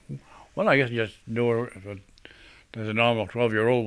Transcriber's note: none